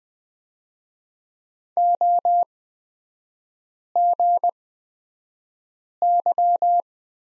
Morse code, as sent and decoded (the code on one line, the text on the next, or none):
--- --. -.--
OGY